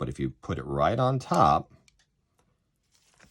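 Someone talks while the metal slide stop (slide release) of a 1911 pistol is lined up on top of the hole in the frame before being pushed in. After the talking stops, only a few faint, brief handling sounds follow. Nothing has seated or clicked yet.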